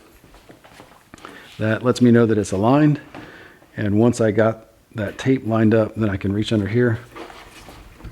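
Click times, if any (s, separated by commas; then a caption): none. A removable wooden table extension is being handled on a table saw stand, with its wooden dowels about to be pushed up to lock it onto the saw table. A few faint short knocks and taps come in the first second or so, then someone talks through the rest of the clip. Nothing has seated or clicked yet.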